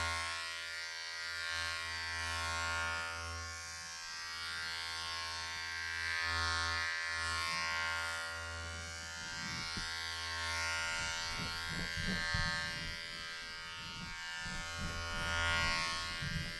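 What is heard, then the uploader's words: Electric clippers hum steadily through a salon haircut, a constant low buzz with a bright hiss riding over it. The tone dips and swells as the clipper moves, and from about ten seconds on, short scraping and tapping sounds come in quick bursts. Salon Haircut Head Massage, Scissors and Clipper.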